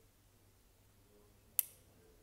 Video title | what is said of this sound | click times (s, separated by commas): Sig Sauer P 226 S Komple Çelik modeli sökülüp takılması ve tanıtımı | Duydunuz. Kilitlendi. | 1.6 s